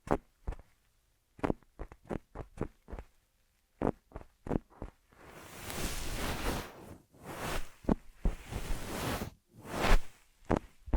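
Ear massage triggers: for the first five seconds, quick separate taps and soft thuds land about twice a second. From around five seconds, a steady rubbing and brushing sound takes over in waves, with sharp taps still cutting through near the end.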